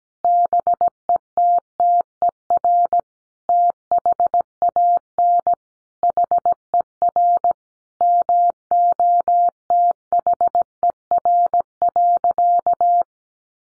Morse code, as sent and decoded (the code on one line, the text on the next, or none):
-... . - - . .-. / - .... .- -. / .... . .-. / -- --- - .... . .-. .-.-.-
BETTER THAN HER MOTHER.